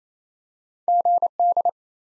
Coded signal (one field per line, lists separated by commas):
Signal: Morse code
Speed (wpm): 28 wpm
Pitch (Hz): 700 Hz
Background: none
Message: GD